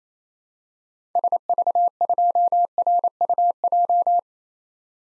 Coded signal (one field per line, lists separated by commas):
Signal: Morse code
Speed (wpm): 28 wpm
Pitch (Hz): 700 Hz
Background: none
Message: SV2RUJ